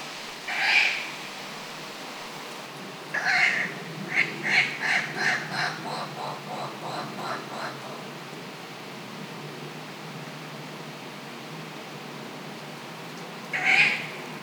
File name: urali bagoly hangja